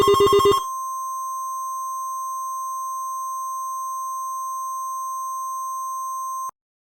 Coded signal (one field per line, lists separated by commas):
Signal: Emergency Alert System (SAME) tones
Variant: 1050 Hz attention tone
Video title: EAS Scenario: The Texas Derecho Remastered